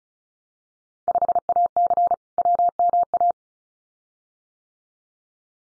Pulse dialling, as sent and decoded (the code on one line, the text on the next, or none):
none